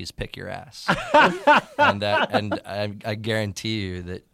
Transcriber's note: soundbite of laughter